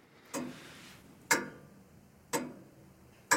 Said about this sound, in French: Prenons cet objet là-bas sur le mur. Pour vous et pour moi, c'est une horloge. Et pourtant, aucun de nous n'a vu le mécanisme caché qui fait que c'est bien une horloge.